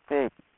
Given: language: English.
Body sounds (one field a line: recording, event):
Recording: throat vibration sensor signal played as sound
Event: speech